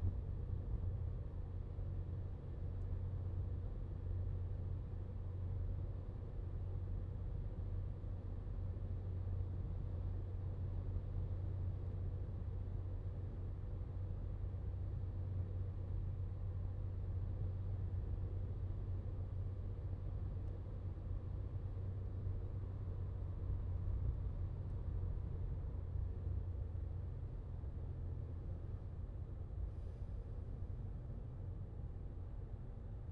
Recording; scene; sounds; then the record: everyday scene through a hearing-aid microphone; in a vehicle; engine, highway driving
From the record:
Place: Skoda Fabia, gasoline engine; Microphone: in the ear canal, left